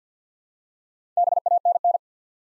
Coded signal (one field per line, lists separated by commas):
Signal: Morse code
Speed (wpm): 49 wpm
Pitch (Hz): 700 Hz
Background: none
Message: BANN